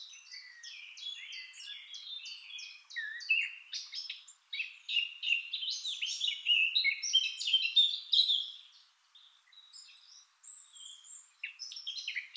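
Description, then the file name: Eurasian blackcap song, a fast scratchy warble of varied high notes, opening with a run of repeated chips and ending with a few brighter phrases after a pause. "Sylvia atricapilla"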